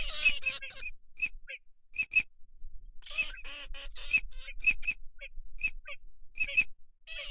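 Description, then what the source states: Ducks giving high peeps mixed with repeated bursts of harsh, nasal gabbling throughout. Migratory ducks, both male and female.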